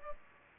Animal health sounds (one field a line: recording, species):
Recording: mosquito wingbeat signal from an infrared sensor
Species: Aedes aegypti